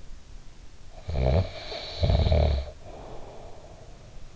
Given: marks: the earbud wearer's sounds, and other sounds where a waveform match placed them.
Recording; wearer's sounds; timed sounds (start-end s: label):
sounds in sleep by an in-ear microphone; snoring breath
0.94-4.18 s: snoring breath